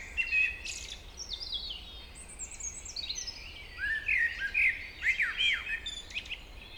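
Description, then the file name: Common blackbird song: high squeaky twittering, then a fluted warbled phrase in the second half. "Turdus merula"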